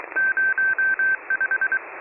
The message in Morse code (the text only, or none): 05